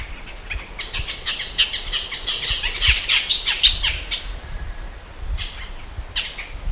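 Bird calls, a busy series of short chirps and squawky notes over a low rumbling background.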